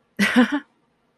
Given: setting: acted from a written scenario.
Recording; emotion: vocal sound without words; amusement